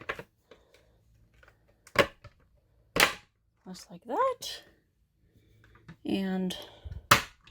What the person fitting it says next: So that's clicked in.